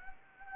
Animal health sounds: mosquito wingbeat signal from an infrared sensor; Anopheles arabiensis

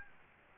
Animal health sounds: mosquito wingbeat signal from an infrared sensor; Aedes aegypti

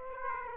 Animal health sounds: mosquito wingbeat signal from an infrared sensor; Aedes aegypti

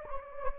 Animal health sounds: mosquito wingbeat signal from an infrared sensor; Anopheles gambiae

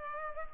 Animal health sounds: mosquito wingbeat signal from an infrared sensor; Culex pipiens

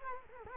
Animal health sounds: mosquito wingbeat signal from an infrared sensor; Culex quinquefasciatus

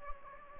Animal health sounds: mosquito wingbeat signal from an infrared sensor; Anopheles gambiae

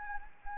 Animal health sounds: mosquito wingbeat signal from an infrared sensor; Anopheles arabiensis

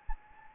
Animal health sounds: mosquito wingbeat signal from an infrared sensor; Anopheles gambiae

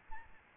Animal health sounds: mosquito wingbeat signal from an infrared sensor; Aedes albopictus

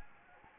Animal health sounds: mosquito wingbeat signal from an infrared sensor; Anopheles gambiae

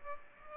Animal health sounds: mosquito wingbeat signal from an infrared sensor; Aedes aegypti

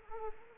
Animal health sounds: mosquito wingbeat signal from an infrared sensor; Anopheles arabiensis

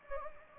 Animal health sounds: mosquito wingbeat signal from an infrared sensor; Anopheles gambiae

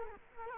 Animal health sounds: mosquito wingbeat signal from an infrared sensor; Culex quinquefasciatus

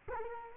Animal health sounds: mosquito wingbeat signal from an infrared sensor; Culex quinquefasciatus

